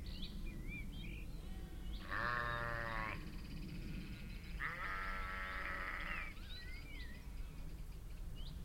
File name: Spring birds song and sheep Beacon Fell Preston